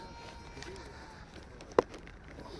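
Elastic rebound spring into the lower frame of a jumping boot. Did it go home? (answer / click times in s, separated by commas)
yes / 1.8 s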